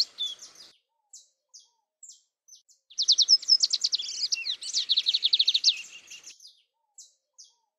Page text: BIGODINHO (Sporophila Lineola)